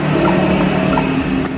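During reassembly of the CVT on a carburettor Honda Beat scooter, a metal part with its locking clip is pushed into place, rounded side facing outward, so the clip can enter its groove. Only a steady background hum and faint handling sounds are heard. Nothing has seated or clicked yet.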